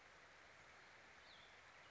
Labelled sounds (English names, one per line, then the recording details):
Cassin's Vireo
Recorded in Sonoma County, California